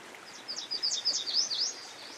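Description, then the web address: Yellow Warbler singing a rapid run of sweet, high slurred notes. Recorded beside a stream. "Dan Gibson Songbirds By The Stream 07 Yellow Warbler"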